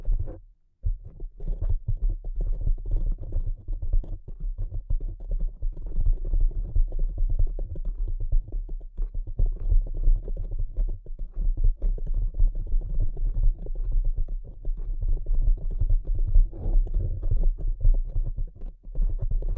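Delicate tapping in a dense, rapid, uneven patter of soft, muffled low taps that runs steadily after a brief pause at the start.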